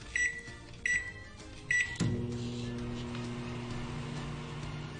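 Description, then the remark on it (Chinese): Three short, high electronic beeps from a microwave oven keypad, then the microwave starts with a click, heating a boxed meal in the kitchen, and settles into a steady, low, droning hum that runs on evenly to the end. “好，等我放入个微波炉度先。”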